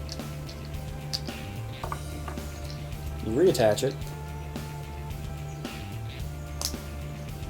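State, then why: Seated. A tape-switch back plate is reattached to the body of a handgun weapon light while music plays and someone talks. A sharp click at 6.7 seconds marks the back plate locking into place, seated.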